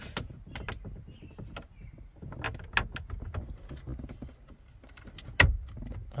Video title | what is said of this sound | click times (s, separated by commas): Remove Ash Tray 06-11 Town Car | that one just snapped back in all right | 5.4 s